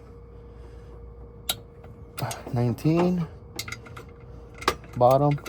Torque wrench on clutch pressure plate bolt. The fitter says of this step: You're going to hear it click.